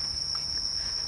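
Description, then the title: Bell cricket, a brief steady high ringing tone heard over quiet low rumble. Recorded while walking, in autumn, in Japan. "歩きながら録音してみた（ほぼ鈴虫）"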